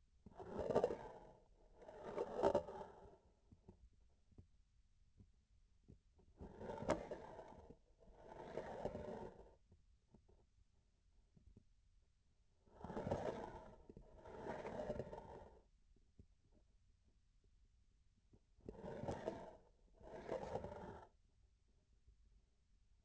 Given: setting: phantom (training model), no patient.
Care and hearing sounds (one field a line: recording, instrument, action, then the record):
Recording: laparoscopic instrument, vibration sensor on the handle end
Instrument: grasping forceps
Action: approaching and retracting movements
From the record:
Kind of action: spatial motion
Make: other than Olympus